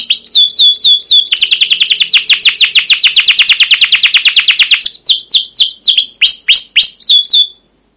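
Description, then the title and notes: Canary singing: several looping high whistles open into a rapid, rolling trill, which ends in spaced, clear, descending chirps before silence. Caged canary song used as lure to train young canaries to learn sounds; style described as cuit cuit ngerol, gacor panjang, emosi: chirping, rolling, long continuous excited singing. "CUIT CUIT NGEROL GACOR PANJANG Kenari Pancingan KENAR. PANCINGAN Kenari GACOR PANJANG Cuit CUIT EMOSI MASTERAN Kenari PAUD belajar BUNYI. burung kenari"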